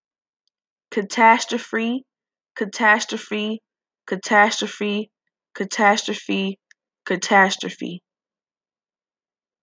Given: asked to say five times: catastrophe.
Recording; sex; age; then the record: repeated word; female; 20 to 29 years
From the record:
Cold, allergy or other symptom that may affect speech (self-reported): no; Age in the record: 22 years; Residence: Michigan, United States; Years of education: 12